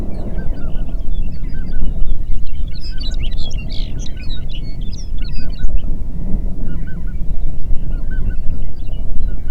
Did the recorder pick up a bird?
yes